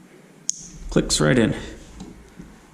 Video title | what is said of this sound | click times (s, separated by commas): GSF600 - Carburetor Removal / Installation | is just gonna connect in here I always forget this thing so I want to do it now clicks | 0.5 s